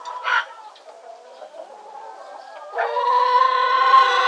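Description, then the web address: Chickens clucking softly and sparsely at first, then a loud cackling chorus of several hens bursts in and continues to the end. Chorus of chickens in a hen house. "SFXSource AOS Chickens Hen House Chorus"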